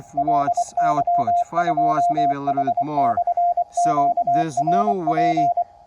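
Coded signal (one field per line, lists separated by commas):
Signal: Morse code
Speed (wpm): 24 wpm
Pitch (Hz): 700 Hz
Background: speech, radio noise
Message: LY2H/QRP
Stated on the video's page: Factory-built 20m QCX-mini CW-only transceiver, 5W output with QSK, into a 20m mono-band end-fed half-wave wire antenna.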